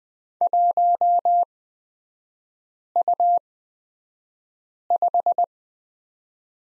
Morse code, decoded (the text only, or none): 1U5